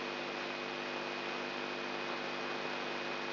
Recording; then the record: brain microelectrode recording played as sound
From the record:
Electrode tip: outside the subthalamic nucleus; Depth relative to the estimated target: 1 mm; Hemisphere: right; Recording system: AlphaMap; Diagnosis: Parkinson's disease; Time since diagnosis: 11 years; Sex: male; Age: 67 years